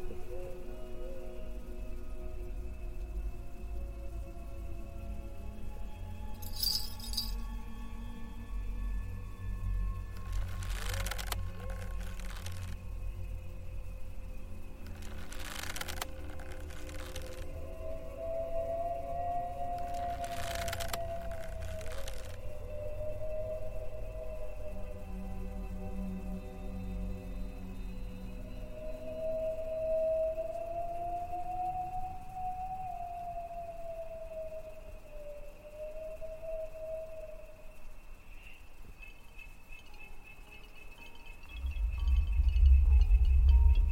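A ghostly female voice drifts in slow, wavering moans over a steady low hum and a thin high whine, rising and sliding mostly between about 17 and 38 seconds. Sharp, bright bursts strike around 7, 11, 16 and 21 seconds, and a heavy rumble swells at the end.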